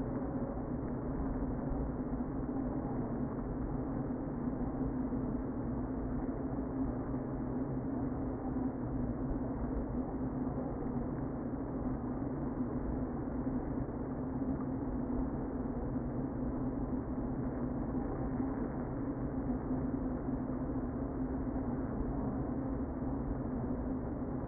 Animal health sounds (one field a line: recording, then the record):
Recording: honeybee colony, microphone inside the hive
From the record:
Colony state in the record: queen present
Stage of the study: before two queens were removed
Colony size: about 60,000 bees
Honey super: yes